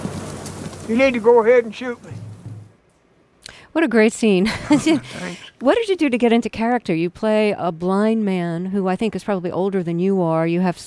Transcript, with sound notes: You need to go ahead and shoot me.
What a great scene.
(SOUNDBITE OF LAUGHTER)
Oh, thanks.
What did you do to get into character? You play a blind man who, I think, is probably older than you are.